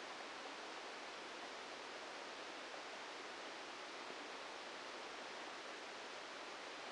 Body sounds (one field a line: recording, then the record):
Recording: brain microelectrode recording played as sound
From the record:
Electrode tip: outside the subthalamic nucleus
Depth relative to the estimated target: 3 mm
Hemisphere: left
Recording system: NeuroSet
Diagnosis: Parkinson's disease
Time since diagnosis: 14 years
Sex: male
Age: 51 years